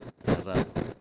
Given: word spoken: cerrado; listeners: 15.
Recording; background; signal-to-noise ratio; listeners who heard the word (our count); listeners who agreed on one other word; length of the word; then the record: one Spanish word in noise, from a listening test; noise modulated by one talker; -10.3 dB; 0 of 15; 8 of 15; 0.61 s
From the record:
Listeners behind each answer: 8, 2, 1, 1, 1, 1, 1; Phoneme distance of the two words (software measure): 17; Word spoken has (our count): 3 syllables, 6 phonemes, stress on syllable 2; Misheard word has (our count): 2 syllables, 5 phonemes, stress on syllable 2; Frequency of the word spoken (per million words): 35.29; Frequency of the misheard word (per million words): 35.65